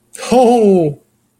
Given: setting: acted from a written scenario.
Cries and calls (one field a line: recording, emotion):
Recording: vocal sound without words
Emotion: positive surprise